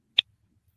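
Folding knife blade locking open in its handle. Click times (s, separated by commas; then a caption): 0.2 s. A folding knife blade is deployed and locks open in its handle, giving a single sharp, bright click at 0.2 s. The click stands out against near silence with only faint low rumble, and the blade lock is confirmed as engaged.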